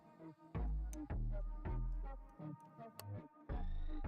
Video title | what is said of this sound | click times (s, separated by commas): PRUSA MK4S KIT - LIVE BUILD - PART 3 | Very satisfying click. | 3.0 s